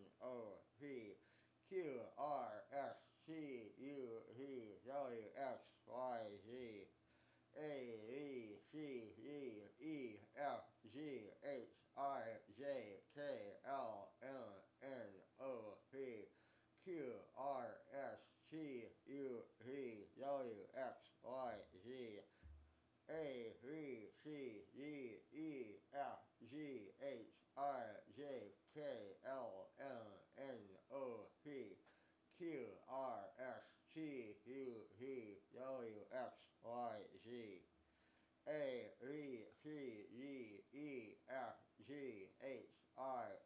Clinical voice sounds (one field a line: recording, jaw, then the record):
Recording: letters of the alphabet, spoken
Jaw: constrained by a bite bar between the teeth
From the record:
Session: first day, right after the free take